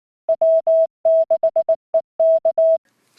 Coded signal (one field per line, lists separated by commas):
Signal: Morse code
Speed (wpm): 19 wpm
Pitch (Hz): 650 Hz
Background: none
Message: W6EK